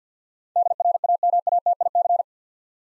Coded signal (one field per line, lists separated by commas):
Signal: Morse code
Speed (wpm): 50 wpm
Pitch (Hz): 700 Hz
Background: none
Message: DRAMATIC